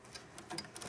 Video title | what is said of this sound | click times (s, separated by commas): Building a PC - A FULL Step By Step Guide (Done by a 14-Year-Old) | and they are now clicked they're now connected | 0.4 s, 0.6 s, 0.8 s